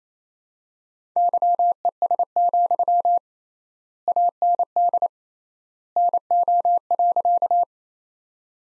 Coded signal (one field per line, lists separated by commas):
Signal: Morse code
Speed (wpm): 28 wpm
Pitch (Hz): 700 Hz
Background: none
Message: YES, AND NO.